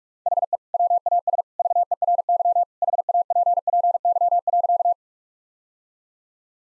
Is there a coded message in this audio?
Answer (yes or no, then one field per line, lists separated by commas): yes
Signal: Morse code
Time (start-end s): 0.3-4.9 s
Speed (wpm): 46 wpm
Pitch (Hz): 700 Hz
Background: none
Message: HE WAS VERY HAPPY.